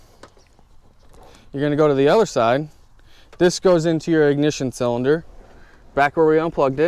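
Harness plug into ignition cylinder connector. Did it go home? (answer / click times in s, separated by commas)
no / none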